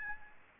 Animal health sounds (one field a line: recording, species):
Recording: mosquito wingbeat signal from an infrared sensor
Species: Aedes albopictus